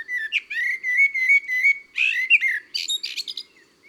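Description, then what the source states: Common blackbird singing a run of varied fluted whistles and warbled notes, some sliding, with rougher twittering phrases toward the end. Called the musician of gardens and woods; song described as fluted, varied and improvised, with a fairly slow tempo and sometimes a cheeky tone.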